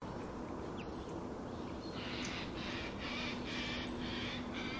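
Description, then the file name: Eurasian jay calls: a run of rough, buzzy screeches starting midway and repeating about twice a second, with steady low hum beneath. "Garrulus glandarius"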